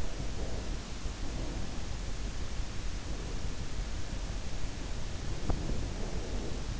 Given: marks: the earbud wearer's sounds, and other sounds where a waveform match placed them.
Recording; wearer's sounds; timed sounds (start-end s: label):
sounds in sleep by an in-ear microphone; breath, teeth grinding
0.00-2.16 s: breath
4.36-6.57 s: breath
5.14-5.76 s: teeth grinding